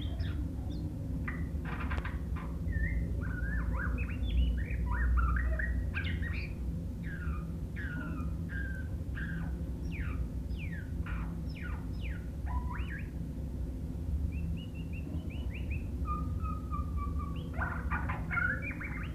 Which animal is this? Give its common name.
White-rumped Shama